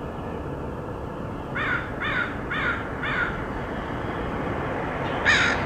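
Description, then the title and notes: Crow caws: a run of four harsh caws in quick succession, a pause, then one louder caw, over steady low rumble. Crows recorded in Portland, Oregon, in August 2003. "Crows of Portland. Crows recorded by Dan Bodah in Portland, OR, August 2003"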